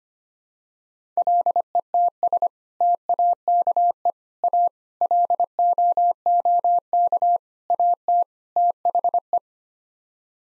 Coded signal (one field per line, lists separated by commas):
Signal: Morse code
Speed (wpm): 25 wpm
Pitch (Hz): 700 Hz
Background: none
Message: LETS TAKE A LOOK AT THE